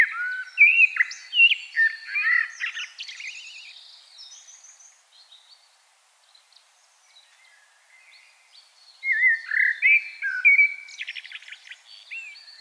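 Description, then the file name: Common blackbird song: a dense run of warbled whistles and twittery notes, a quieter pause, then another phrase of slurred fluty notes with squeaky high trills. "Turdus merula"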